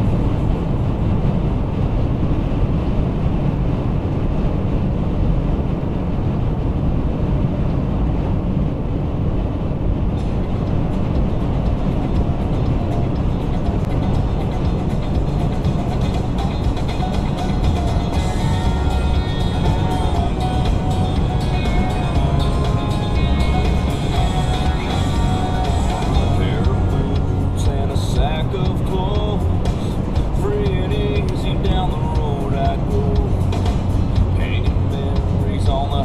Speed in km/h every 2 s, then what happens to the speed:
140, 142, 140, 138, 138, 138, 140, 142, 142, 137, 137, 135, 135, 135, 134, 132, 132, 132.
0-36 steady at about 137.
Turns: none.